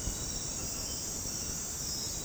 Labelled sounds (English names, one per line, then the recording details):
none
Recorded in dense forest near Puerto Asís, Putumayo, Colombia, on 20 February 2024 at 01:30
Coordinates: 0.486, -76.316
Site G6437